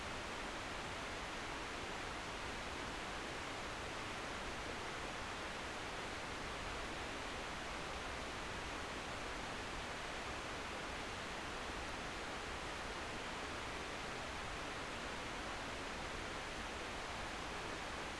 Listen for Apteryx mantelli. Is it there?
no